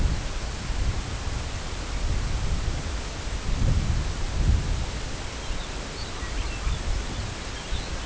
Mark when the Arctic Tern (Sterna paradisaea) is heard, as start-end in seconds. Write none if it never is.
none